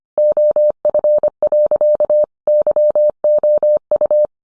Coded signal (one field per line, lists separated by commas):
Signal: Morse code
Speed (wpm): 25 wpm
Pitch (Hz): 600 Hz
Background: none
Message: OF. YOU